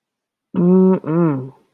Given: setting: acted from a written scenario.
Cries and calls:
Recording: vocal sound without words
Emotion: desire

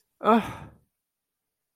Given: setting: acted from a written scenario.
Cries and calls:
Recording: vocal sound without words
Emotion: disappointment

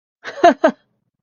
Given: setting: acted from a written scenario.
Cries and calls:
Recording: vocal sound without words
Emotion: amusement

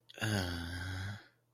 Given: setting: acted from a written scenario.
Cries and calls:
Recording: vocal sound without words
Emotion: serenity

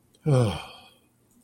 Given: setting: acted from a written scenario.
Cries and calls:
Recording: vocal sound without words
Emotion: contentment

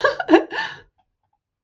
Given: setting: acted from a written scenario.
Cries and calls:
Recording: vocal sound without words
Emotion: elation

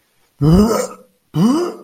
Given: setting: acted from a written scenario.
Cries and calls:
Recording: vocal sound without words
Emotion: disgust

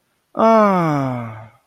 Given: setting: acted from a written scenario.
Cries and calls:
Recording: vocal sound without words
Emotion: relief

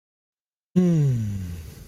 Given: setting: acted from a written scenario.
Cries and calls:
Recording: vocal sound without words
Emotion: contentment

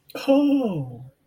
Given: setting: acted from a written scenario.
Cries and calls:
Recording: vocal sound without words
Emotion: embarrassment

